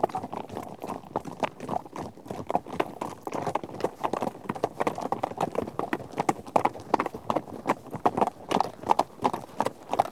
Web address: BBC Sound Effects Library. Herd of horses out on trek